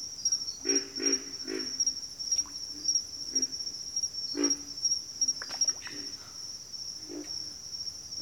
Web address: Natures Songs Sleep Sounds of Nature CRICKETS Pig Frogs